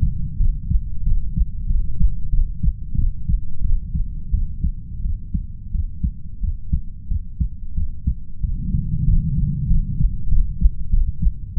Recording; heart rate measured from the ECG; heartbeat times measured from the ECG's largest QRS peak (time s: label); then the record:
heart sounds by stethoscope; 91 bpm
0.38 s: heartbeat
1.04 s: heartbeat
1.67 s: heartbeat
2.30 s: heartbeat
2.96 s: heartbeat
3.62 s: heartbeat
4.31 s: heartbeat
5.02 s: heartbeat
5.72 s: heartbeat
6.41 s: heartbeat
7.08 s: heartbeat
7.75 s: heartbeat
8.41 s: heartbeat
9.05 s: heartbeat
9.67 s: heartbeat
10.29 s: heartbeat
10.90 s: heartbeat
11.54 s: heartbeat
From the record:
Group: healthy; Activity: rest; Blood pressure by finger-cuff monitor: 124/68 mmHg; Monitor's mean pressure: 85 mmHg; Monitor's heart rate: 90 bpm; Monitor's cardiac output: 7.1 L/min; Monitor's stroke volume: 79 mL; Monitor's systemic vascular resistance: 870 dyn s/cm5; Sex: female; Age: 32 years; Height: 168 cm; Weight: 61.9 kg